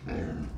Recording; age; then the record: pig call; growing-finishing pig (85 days or more)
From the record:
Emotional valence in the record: negative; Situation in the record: barren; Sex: female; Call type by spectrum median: low-frequency call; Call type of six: low-frequency stable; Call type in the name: low-frequency stable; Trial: 1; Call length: 0.58 s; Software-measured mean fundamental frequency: 74 Hz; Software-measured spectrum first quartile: 120 Hz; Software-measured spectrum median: 251 Hz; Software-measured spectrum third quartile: 565 Hz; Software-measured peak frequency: 70 Hz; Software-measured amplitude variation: 123 dB a second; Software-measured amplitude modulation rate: 22.5 a second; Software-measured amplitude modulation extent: 5.5 dB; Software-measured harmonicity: -1.8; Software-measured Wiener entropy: -0.58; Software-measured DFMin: 1163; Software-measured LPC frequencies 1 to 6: 1644, 2493, 3679, 4817, 6287, 7045 Hz